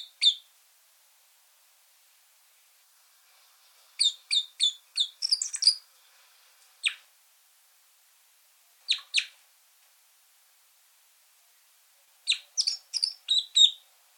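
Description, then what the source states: Red crossbill mixing high chip calls with short bursts of rapid twittering song phrases, separated by quiet pauses of a few seconds. Calls and song elements.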